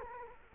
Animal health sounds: mosquito wingbeat signal from an infrared sensor; Culex quinquefasciatus

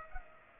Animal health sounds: mosquito wingbeat signal from an infrared sensor; Culex pipiens

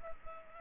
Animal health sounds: mosquito wingbeat signal from an infrared sensor; Culex pipiens

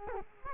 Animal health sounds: mosquito wingbeat signal from an infrared sensor; Culex quinquefasciatus

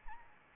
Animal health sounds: mosquito wingbeat signal from an infrared sensor; Aedes albopictus

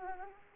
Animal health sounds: mosquito wingbeat signal from an infrared sensor; Anopheles arabiensis

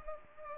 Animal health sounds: mosquito wingbeat signal from an infrared sensor; Culex pipiens

